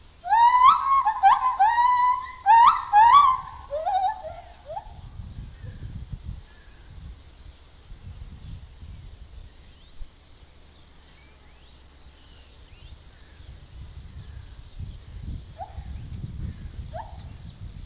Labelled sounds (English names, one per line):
Lar Gibbon call